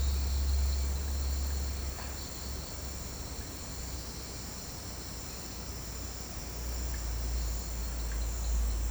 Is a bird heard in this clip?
no